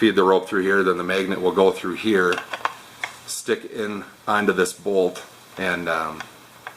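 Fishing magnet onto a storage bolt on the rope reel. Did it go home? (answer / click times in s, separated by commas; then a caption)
no / none. Someone talks while feeding a fishing magnet's rope through a pre-cut toilet bowl flange end of a homemade rope storage reel and moving the magnet toward a metal storage bolt on the reel, which keeps the magnet safe and stops it grabbing or hitting anything on the car. A few small handling knocks are heard under the talking. The magnet has not snapped onto the bolt yet.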